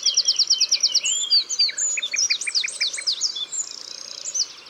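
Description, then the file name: Eurasian wren pouring out a loud, fast song of high, buzzy trills and tumbling notes that fade slightly toward the close; faint low tone beneath. Drôme, France. "Troglodyte mignon Concerts Naturels de la Drome Studio les Trois Becs"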